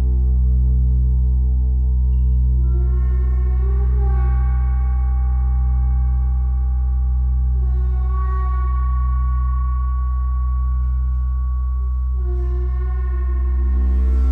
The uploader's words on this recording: Gong Bath. Steve Gong runs classes for groups in a church hall in Ainsdale Merseyside.